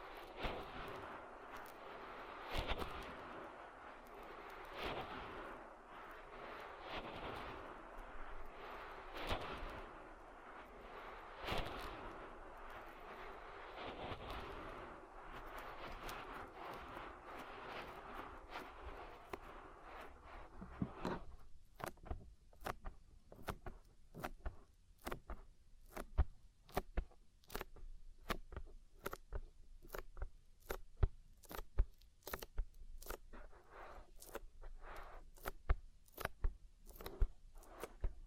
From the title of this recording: Oil Ear Massage